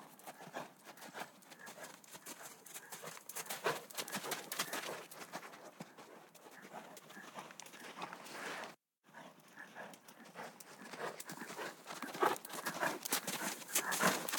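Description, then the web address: Horse galloping with a steady patter of muffled hoofbeats and gritty scuffs, a brief break near the middle, then louder rapid thuds toward the end. Horses galloping outdoors on sand. "G 4 F SFX - Horses G 4 F SFX 06-HORSES"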